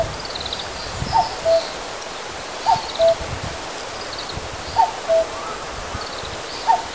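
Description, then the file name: Common cuckoo calling a descending two-note cu-coo over and over, with other birds singing thin high phrases in the background. "kakko"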